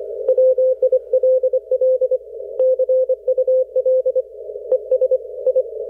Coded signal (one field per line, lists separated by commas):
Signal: Morse code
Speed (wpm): 24 wpm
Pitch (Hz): 530 Hz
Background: radio noise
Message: WILL CUL ES I